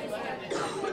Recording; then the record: coughing mixed with background sound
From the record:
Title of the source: female coughing - coughing sound effects girl